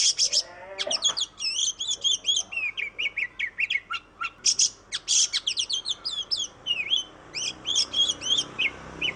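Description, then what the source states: Oriental magpie-robin delivering fast, varied song: harsh bursts, sweeping whistles and tight repeated trills tumbling one after another almost without pause. Singing style called tembakan; masteran (song-training track for songbirds).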